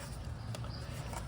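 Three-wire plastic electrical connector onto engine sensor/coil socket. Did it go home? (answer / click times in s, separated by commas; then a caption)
no / none. A three-wire plastic electrical connector is pushed back onto its engine sensor/coil socket during a spark plug change on a 2017 Hyundai Elantra, with brief faint taps near 0.55 s and 0.64 s over a low background rumble. The connector is on, but it has not clicked or seated yet.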